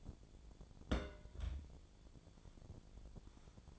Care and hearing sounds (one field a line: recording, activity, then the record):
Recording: daily activity, microphone in the room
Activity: place on stove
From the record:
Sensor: 5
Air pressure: 1000.0 hPa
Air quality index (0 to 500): 93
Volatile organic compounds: 1 ppm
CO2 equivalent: 761 ppm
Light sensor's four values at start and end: 380/902/391/441 and 380/902/390/440